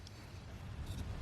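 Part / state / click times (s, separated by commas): plastic clip on a footwell accent light housing / not seated / none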